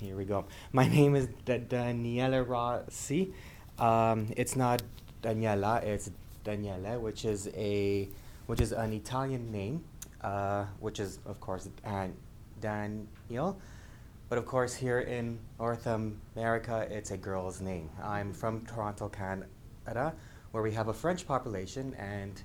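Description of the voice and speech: An adult man who stutters speaks in a low voice in a small room, mostly fluently but with a doubled 'd' sound, stretched vowels, drawn-out 'uh' fillers and a broken word split by pauses. These are mild disfluencies typical of an adult who stutters.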